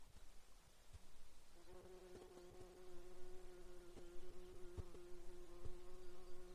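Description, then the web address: Insect buzzing, a humming drone that swells in after the first second and a half and holds steady with rich harmonics, with occasional soft knocks. Alaska, site GAARPALA, 15 June 2019, 07:57:33. "alaska acoustic highlights highlights audio INSECTS GAARPALA 20190615 075733"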